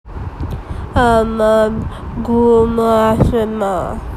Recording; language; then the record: elicited speech; Bengali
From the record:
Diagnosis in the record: Broca's or global aphasia after a stroke